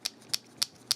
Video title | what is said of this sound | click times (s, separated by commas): Video Review of the Transformers Shattered Glass IDW Flamewar with Fireglide | neither one tabs in, | none